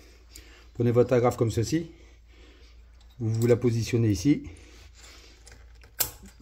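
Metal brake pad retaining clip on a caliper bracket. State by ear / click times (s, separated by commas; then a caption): seated / 6.0 s. A metal brake pad retaining clip is positioned on the caliper bracket of a 2019 Peugeot 208 with an automatic gearbox and pressed home while someone talks. It snaps into place with a sharp click at 6.0 s and is seated.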